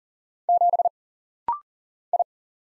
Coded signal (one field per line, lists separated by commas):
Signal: Morse code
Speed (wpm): 39 wpm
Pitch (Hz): 700 Hz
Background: none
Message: 7 I